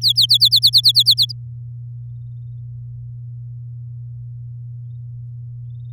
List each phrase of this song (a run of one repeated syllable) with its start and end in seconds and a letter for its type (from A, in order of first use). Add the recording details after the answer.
0.01-0.26 A, 0.29-1.32 B. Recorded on 6 May 2018 at 07:53. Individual llb16